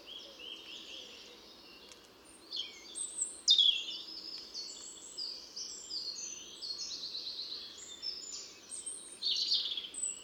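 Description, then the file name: European robin delivering a long, almost continuous stream of high, jangling, twittering notes and brief whistles over a steady low background rumble. "Erithacus rubecula"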